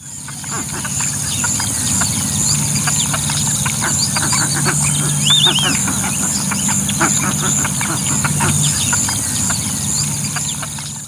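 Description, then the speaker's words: Roseate Spoonbill giving low grunting clucks amid rapid clicking, with a brief high squeal and a steady high-pitched hum throughout. Scientific name Platalea ajaja. "That is, by the way, some actual sound of a roseate spoonbill."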